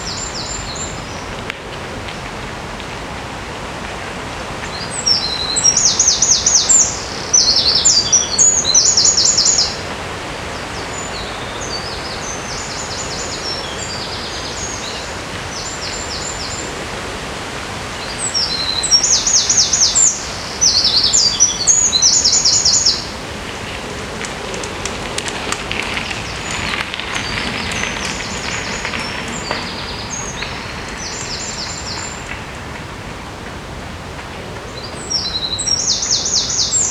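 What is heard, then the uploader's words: Along a river in Odense, a steady wash of flowing water and rustle fills the whole stretch. High, rapid chirping bursts, likely an insect or bird, come in clusters around 5–10 and 18–23 seconds, then again faintly later and near the end. Sounds along the river in Odense, Denmark.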